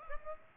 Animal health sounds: mosquito wingbeat signal from an infrared sensor; Aedes aegypti

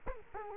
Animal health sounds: mosquito wingbeat signal from an infrared sensor; Culex quinquefasciatus

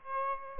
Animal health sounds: mosquito wingbeat signal from an infrared sensor; Aedes aegypti

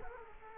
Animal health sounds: mosquito wingbeat signal from an infrared sensor; Culex quinquefasciatus

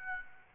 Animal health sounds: mosquito wingbeat signal from an infrared sensor; Aedes albopictus

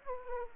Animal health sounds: mosquito wingbeat signal from an infrared sensor; Aedes aegypti

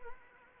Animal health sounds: mosquito wingbeat signal from an infrared sensor; Anopheles arabiensis

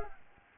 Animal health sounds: mosquito wingbeat signal from an infrared sensor; Aedes albopictus

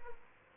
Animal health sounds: mosquito wingbeat signal from an infrared sensor; Aedes albopictus

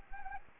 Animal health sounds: mosquito wingbeat signal from an infrared sensor; Anopheles gambiae

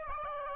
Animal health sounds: mosquito wingbeat signal from an infrared sensor; Aedes albopictus

